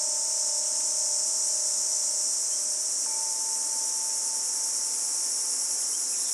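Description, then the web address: Crickets producing an unbroken, bright high trill, with faint steady lower tones running underneath. Australian bush. "Australian Nature Sounds - Crickets Tropical Birds Morning Birds Bird Calls"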